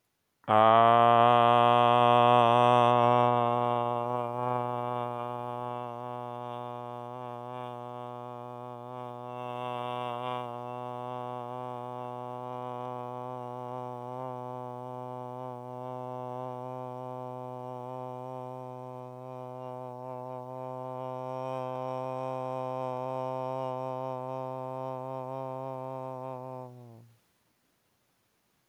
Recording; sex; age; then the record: vowel held as long as possible; male; 30 to 39 years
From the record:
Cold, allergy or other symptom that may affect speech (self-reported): no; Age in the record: 33 years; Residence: United States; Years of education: 16